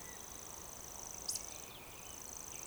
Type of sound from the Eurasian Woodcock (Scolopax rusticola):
whistle